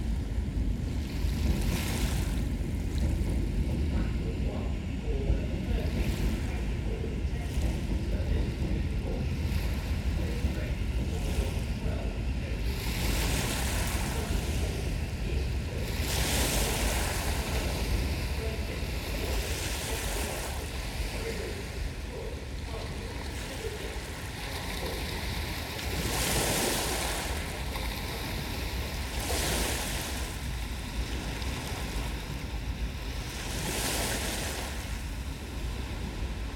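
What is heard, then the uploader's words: Waves lap and wash on the tidal Thames beach under Waterloo Bridge, a steady rumbling wash with repeated brighter surges every few seconds. A low, continuous roar underneath likely carries trains above, with a faint steady tone running throughout and some wind buffeting. River Thames tidal beach, London, UK. Made on the tidal beach on the river Thames watching people mudlarking just under Waterloo bridge. Trains pulling into Waterloo station above and simultaneously waves lapping below.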